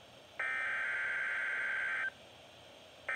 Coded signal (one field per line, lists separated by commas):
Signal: Emergency Alert System (SAME) tones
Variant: header bursts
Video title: SEVERE THUNDERSTORM WATCH (EAS #31)